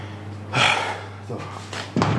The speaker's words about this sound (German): schließt die Tür